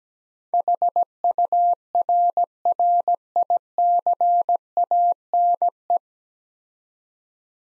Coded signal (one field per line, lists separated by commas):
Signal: Morse code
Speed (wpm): 17 wpm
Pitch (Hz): 700 Hz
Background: none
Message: HURRICANE